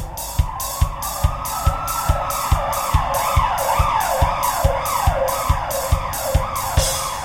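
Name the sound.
fire truck siren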